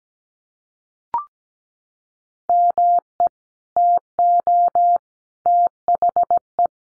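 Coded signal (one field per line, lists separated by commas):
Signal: Morse code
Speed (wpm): 17 wpm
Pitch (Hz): 700 Hz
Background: none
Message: ME TO THE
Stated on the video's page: Head-copy drill of sentences from the top 400 words at 17wpm, each sent in Morse, spoken, then sent again.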